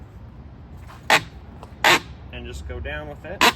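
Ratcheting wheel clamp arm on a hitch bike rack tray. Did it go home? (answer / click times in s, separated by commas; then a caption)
no / none. The ratcheting wheel hold-down arm on the tray of a Thule T2 Pro XTR hitch bike rack is brought up and over the front tire and lined up in position, ready to be pushed down. Someone talks while three short, loud broadband bursts sound at about 1.1, 1.9 and 3.4 seconds. The arm has not clicked or ratcheted home yet.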